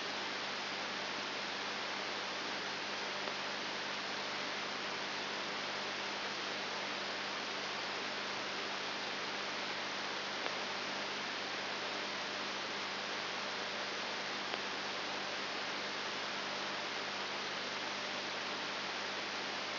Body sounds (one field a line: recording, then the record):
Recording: brain microelectrode recording played as sound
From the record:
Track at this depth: outside the subthalamic nucleus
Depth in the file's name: 6.7 mm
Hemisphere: left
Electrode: 3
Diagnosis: Parkinson's disease